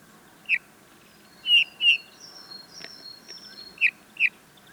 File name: Pyrrhula pyrrhula